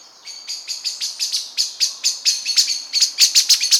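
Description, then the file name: Common blackbird giving a rapid series of sharp, high chinking calls. "Turdus merula"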